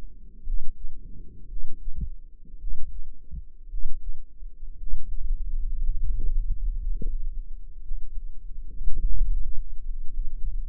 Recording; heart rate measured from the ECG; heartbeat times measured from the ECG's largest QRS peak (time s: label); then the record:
heart sounds by microphone in the right ear; 57 bpm
0.42 s: heartbeat
1.45 s: heartbeat
2.56 s: heartbeat
3.66 s: heartbeat
4.75 s: heartbeat
5.80 s: heartbeat
6.77 s: heartbeat
7.79 s: heartbeat
8.85 s: heartbeat
9.82 s: heartbeat
From the record:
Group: healthy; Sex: male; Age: 23 years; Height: 178 cm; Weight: 96.6 kg